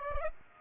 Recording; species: mosquito wingbeat signal from an infrared sensor; Aedes aegypti